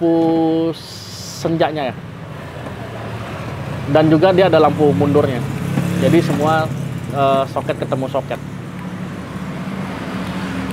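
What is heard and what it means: During a facelift bodykit install converting a 2016 Alphard to the 2022 Japanese version, an installer handles the plug-and-play lamp wiring harness connector, joining it socket to socket with the vehicle socket. Someone talks over a low background hum, and nothing has seated or clicked yet.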